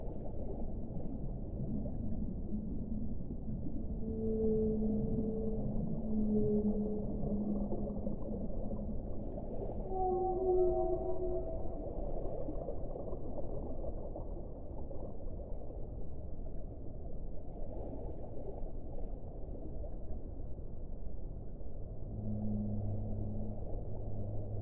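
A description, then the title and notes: Whales sing underwater in drawn-out low moans and higher rising calls, over a steady dull rumble with nothing above the low range. Underwater singing for relaxation. Whales.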